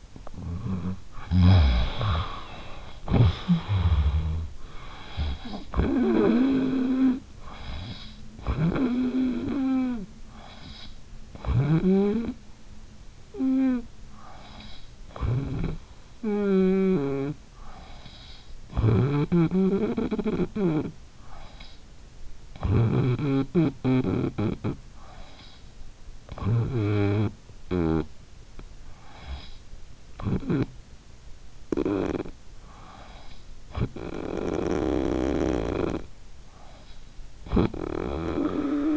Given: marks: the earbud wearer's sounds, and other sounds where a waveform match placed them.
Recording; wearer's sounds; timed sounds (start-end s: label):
sounds in sleep by an in-ear microphone; snoring breath
0.00-38.97 s: snoring breath